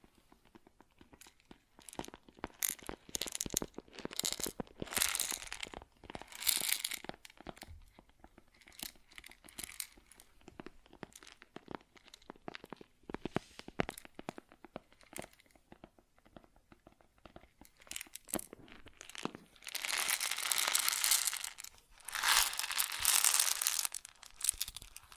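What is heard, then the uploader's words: Grain is handled in quick, dense bursts of dry crunching and rustling, with many sharp clicks packed together and brighter swells near 5–7 seconds. After a sparser middle stretch, two longer hissing pours of grain build around 19–24 seconds. ASMR Grain Sounds (No Talking).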